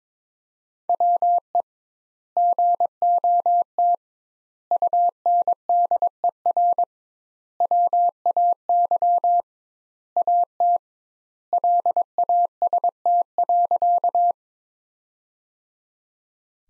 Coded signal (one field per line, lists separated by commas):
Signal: Morse code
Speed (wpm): 22 wpm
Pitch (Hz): 700 Hz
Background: none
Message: WE GOT UNDER WAY AT LAST.